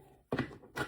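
An action camera in a CNC-aluminium cage (llano cage for DJI Osmo Action 5 Pro/Action 4/Action 3) is pulled with both hands off its magnetic quick-release mount. It comes free with a loud thunk at 0.3 s, followed by a second, quieter knock at 0.4 s and another burst of handling noise near 0.8 s. The camera is released, though taking it off is a little frustrating.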